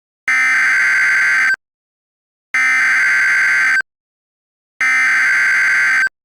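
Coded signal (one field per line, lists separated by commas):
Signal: Emergency Alert System (SAME) tones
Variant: header bursts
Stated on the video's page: Mock Flash Flood Warning for Western New York, simulated, not real.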